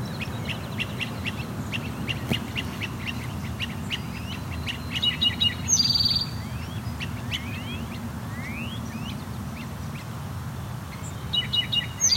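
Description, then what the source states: Great crested flycatcher calls: many short chirps in quick succession, with a loud harsh burst near the middle and a few rising notes near the end, over a steady low rumble. Third bird present after two fighting birds flew off, possibly a fourth; Dundas Valley, Hamilton, Ontario; area acoustically urban, affected by surrounding population.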